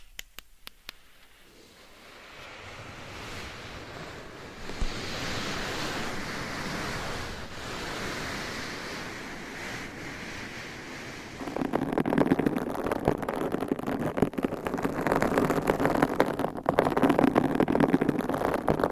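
Scratching and rubbing on a microphone, starting with a few sparse taps, then a steady hissing, brushing texture from about two seconds. Near twelve seconds it turns louder and denser, with rapid gritty scratching that carries on to the end.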